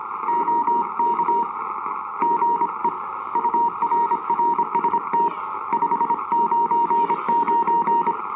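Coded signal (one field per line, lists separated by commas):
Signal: Morse code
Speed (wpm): 25 wpm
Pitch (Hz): 940 Hz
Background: music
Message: OK GE UR RST 599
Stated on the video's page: CW contact on 20 meters using an ELK639 key.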